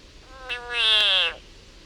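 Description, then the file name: Frog distress cry: a buzzy, nasal wail that builds quickly and holds for about half a second, then fades with a slight downward bend. Frog in agony. "Yannick Dauby agony of a frog"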